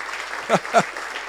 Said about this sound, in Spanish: Muy bien, el abrazo y el aplauso es para el Señor.